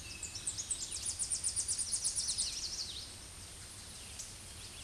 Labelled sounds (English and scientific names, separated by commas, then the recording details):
Tennessee Warbler (Leiothlypis peregrina) song
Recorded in a Pennsylvania forest on 16 May 2024 at 07:59
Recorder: AudioMoth, point MSD-0665
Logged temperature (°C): 16.1 °C
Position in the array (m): 69 m, 60 m